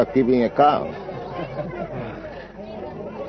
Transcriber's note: laughter